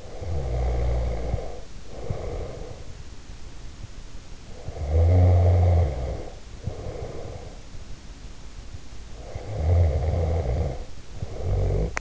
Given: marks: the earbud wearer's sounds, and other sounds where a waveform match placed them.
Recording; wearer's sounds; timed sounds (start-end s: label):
sounds in sleep by an in-ear microphone; snoring breath
0.00-3.05 s: snoring breath
4.52-7.72 s: snoring breath
9.16-12.01 s: snoring breath